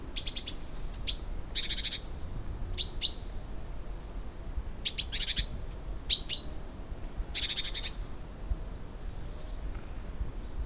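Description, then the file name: Great tit calls, harsh buzzy churring bursts alternating with short thin high whistled notes, spaced irregularly over steady low background rumble. "Parus major"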